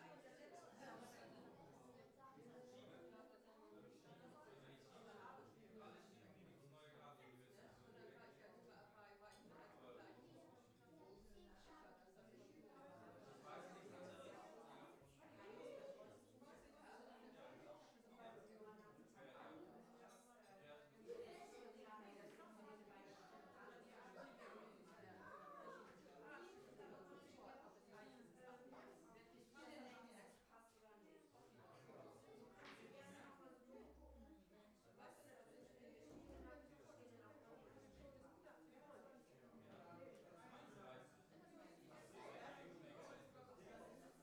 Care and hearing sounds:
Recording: everyday scene through a hearing-aid microphone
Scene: many people talking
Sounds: many voices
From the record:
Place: parish hall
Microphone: behind the ear, right, front

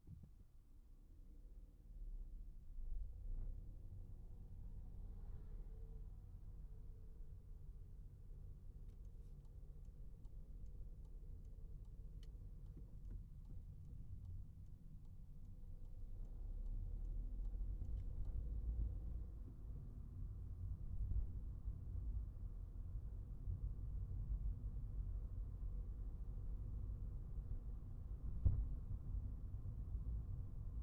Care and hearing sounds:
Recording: everyday scene through a hearing-aid microphone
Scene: in a vehicle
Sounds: engine, highway traffic jam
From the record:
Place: Skoda Fabia, gasoline engine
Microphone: behind the ear, right, front

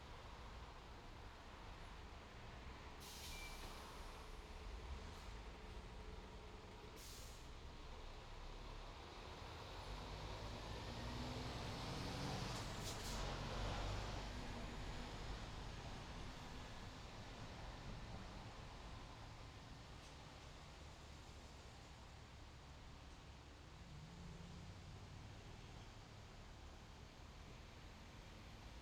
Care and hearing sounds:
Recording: everyday scene through a hearing-aid microphone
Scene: in traffic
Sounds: traffic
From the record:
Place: main road on the outskirts, rush hour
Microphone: in the ear canal, left

